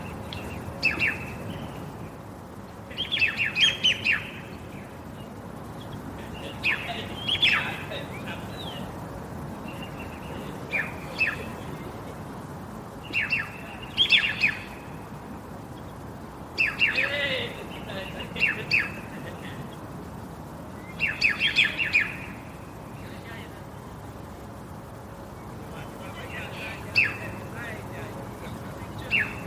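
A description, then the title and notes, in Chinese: Birds call repeatedly during a walk in a park, short bright chirps and squawky bursts arriving every few seconds. Underneath runs a steady low rumble of traffic or city noise, with a faint murmur that may be voices. 公园里散步，鸟叫声环绕。春节期间。某天午后我决定去公园散散心。走在公园的石板路和草地上，我拿着录音机，录下的除了无所不在的鸟叫，还有其他声音跟鸟叫形成了二重奏甚至三重奏。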